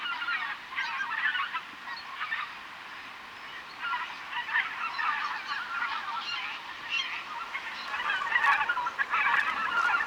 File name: Greater White fronted Goose Anser albifrons albifrons